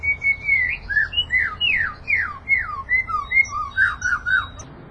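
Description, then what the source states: White-rumped shama singing a quick run of clear downslurred whistles. Moderate-style song.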